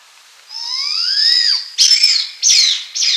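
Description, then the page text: Blood pheasant opening with a long, rising, whining squeal, then three abrupt harsh screeching notes. "Blood Pheasant Calls. Quick Sounds"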